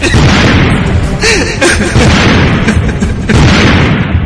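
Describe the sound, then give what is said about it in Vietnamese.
A car explodes with a loud, rumbling boom that keeps roaring for several seconds, punctuated by sharper bursts and crackling pops as the blast rolls on. “Vì ngay sau đó thì xe đã phát nổ rồi.”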